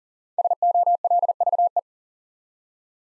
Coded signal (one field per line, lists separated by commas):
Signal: Morse code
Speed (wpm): 41 wpm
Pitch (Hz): 700 Hz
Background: none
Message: SOLVE